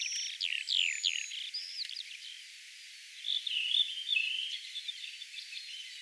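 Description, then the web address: Redwing song opening with several loud, steeply falling whistled notes, then a softer scratchy twitter and warbling chatter for the rest. Singing in a particular manner, recorded 1 June 2025. "paivat 1 6 2025 tuolla tavoin laulava punakylkirastas"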